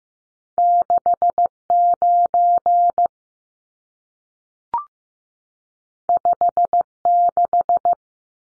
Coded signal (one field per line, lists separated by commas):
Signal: Morse code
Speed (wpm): 15 wpm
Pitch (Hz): 700 Hz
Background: none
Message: 69 56